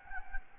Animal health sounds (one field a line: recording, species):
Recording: mosquito wingbeat signal from an infrared sensor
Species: Anopheles gambiae